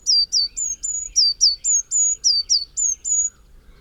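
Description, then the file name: Eurasian Blue Tit giving a single quick series of about twelve high, sharp notes, downslurred and level whistles alternating, roughly four per second. "Cyanistes caeruleus"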